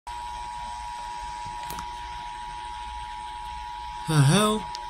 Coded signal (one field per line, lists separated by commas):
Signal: Emergency Alert System (SAME) tones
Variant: 853 and 960 Hz attention tone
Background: speech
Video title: WARM 103 Test | EAS#1,370